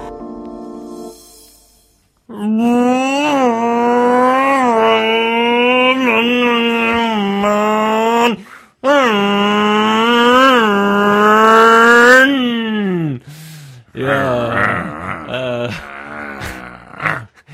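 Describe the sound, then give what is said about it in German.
A voice imitates the racing motorcycle noise of Johnny Cecotto's racing days, as heard on television, with loud buzzing engine whines that rise and fall in pitch like gear shifts. Two long revving runs are followed by a shorter, rougher burst. “Das erste war von mir, Johnny Cecotto, und sollte Sie an den Motorradlärm erinnern, wie er früher für mich als Rennfahrer gegeben war und wie Sie ihn vielleicht im Fernseher gehört haben.”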